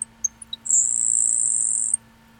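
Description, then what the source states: Grasshopper sparrow song: a few faint, very high ticks, then a long, thin, insect-like buzz held steady for over a second before it stops abruptly. Played as a recording; insect-like song, likened to popping a bottle then a little insect, remembered by the mnemonic 'tick, tick, peas'; a grassland bird whose species is in steep decline.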